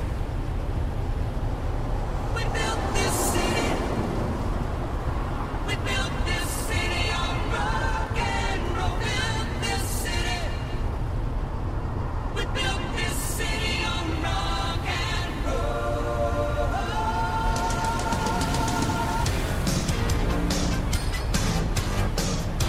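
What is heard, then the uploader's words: Inside a moving car, a steady low rumble of the vehicle runs throughout, with a crackling radio carrying broken, speech-like sounds and brief tones that come and go. Waves against the coast are not clearly separable beneath the constant road noise. An 80s Summer Drive. The sounds of distant waves against the coast you're driving along, with the crackle of the radio and the rather comforting sounds of the vehicle around you.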